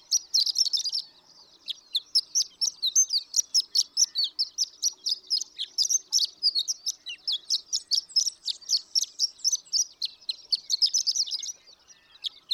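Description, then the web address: Horned lark singing a dense, high-pitched tinkling warble of rapid notes, continuing for most with a brief gap near the end. "birdsongforthecurious Horned Lark"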